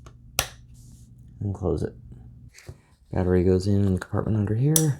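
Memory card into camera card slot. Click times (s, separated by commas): 0.4 s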